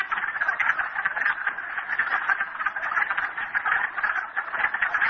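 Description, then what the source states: Frog: a chorus of many frogs, their rapid rattling calls overlapping into one unbroken, throbbing drone. Frogs at Merryspring.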